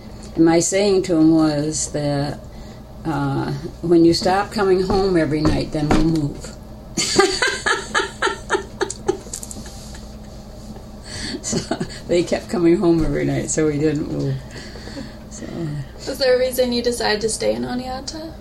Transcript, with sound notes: My saying to him was that when you stop coming home every night then we move. [Laughter] He kept coming home every night so we didn't move.
Was there a reason why you decided to stay in Oneonta?